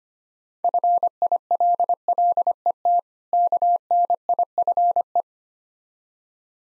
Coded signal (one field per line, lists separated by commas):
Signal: Morse code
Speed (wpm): 27 wpm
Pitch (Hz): 700 Hz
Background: none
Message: FILLET KNIFE